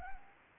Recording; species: mosquito wingbeat signal from an infrared sensor; Anopheles arabiensis